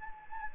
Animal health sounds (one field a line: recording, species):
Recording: mosquito wingbeat signal from an infrared sensor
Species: Anopheles gambiae